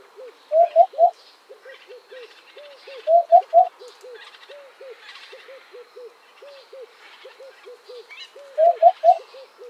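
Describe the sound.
Eurasian hoopoe giving soft hollow triple hoots, oop-oop-oop, three series spaced several seconds apart, with fainter repeated low notes and other birds chattering in the background.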